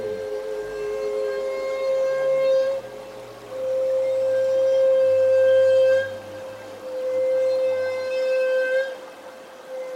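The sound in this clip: Humpback whale holding long, steady tones in a series of drawn-out notes with short gaps, over a faint low rumble and hiss.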